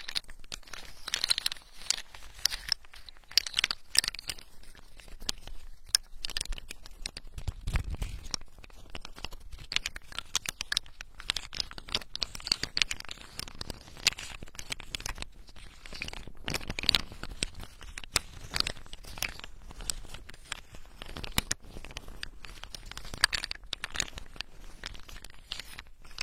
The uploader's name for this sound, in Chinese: 夏威夷坚果好听的声音